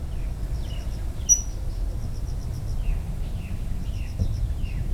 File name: warbler pale legged leaf